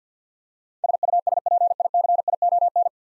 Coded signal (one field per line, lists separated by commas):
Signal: Morse code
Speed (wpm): 48 wpm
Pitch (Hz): 700 Hz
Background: none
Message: SUSPICION